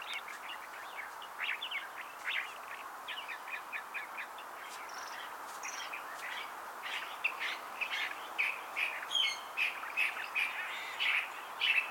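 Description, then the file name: California thrasher song: a long stream of rapid, varied chips and scratchy phrases, quieter at first and growing stronger toward the end, over a faint background hiss. "Toxostoma redivivum - California Thrasher"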